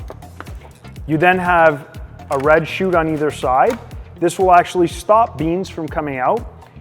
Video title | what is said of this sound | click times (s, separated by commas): Introducing the New Jura GIGA 10 Coffee Machine: A Comprehensive Review and Guide | you'll hear it click comes right off | 0.4 s